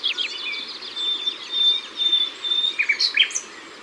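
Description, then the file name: Common nightingale song: a long sustained pure whistle, with quick chirps at the end. Ardèche. "Rossignol-Philomele-Concerts-Naturels-De-l Ardeche"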